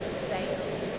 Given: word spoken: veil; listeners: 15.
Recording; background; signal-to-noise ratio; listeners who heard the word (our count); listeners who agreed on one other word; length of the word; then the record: one English word in noise, from a listening test; speech-shaped noise; -4.8 dB; 1 of 15; 7 of 15; 0.59 s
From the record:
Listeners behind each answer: 7, 2, 2, 1, 1, 1, 1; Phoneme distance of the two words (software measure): 10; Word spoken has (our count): 1 syllable, 3 phonemes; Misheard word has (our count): 1 syllable, 3 phonemes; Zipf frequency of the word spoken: 3.50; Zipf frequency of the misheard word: 4.48